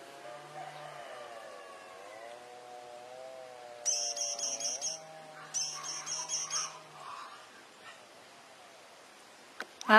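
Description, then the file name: White-throated hummingbird song: two bursts of high, scratchy squeaking chatter, each about a second long, with a low wavering tone and faint hum beneath. "Canto do beija flor de papo branco"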